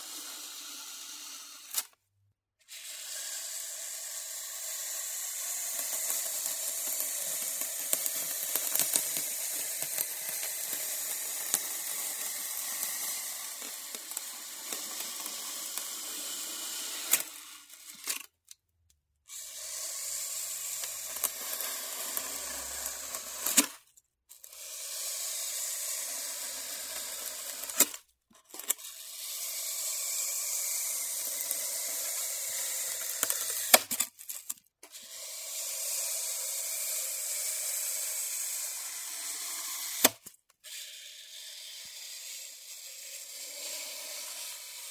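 Styrofoam being cut in bright, scratchy hissing strokes lasting several seconds each, separated by brief silences near 2, 18, 24, 28, 34 and 40 seconds.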